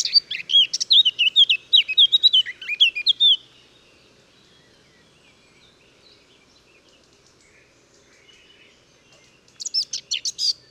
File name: Sylvia atricapilla